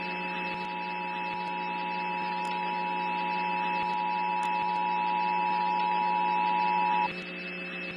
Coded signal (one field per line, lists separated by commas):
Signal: Emergency Alert System (SAME) tones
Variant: 853 and 960 Hz attention tone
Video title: EAS SCENARIO JENNIFER